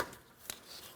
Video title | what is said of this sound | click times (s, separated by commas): How to Replace Ignition Coil Boot 2015-2025 Ford Transit 250 | Listen for an audible click. Double-check to make sure the locking tabs properly secured, and this does not fall out of place. | 0.5 s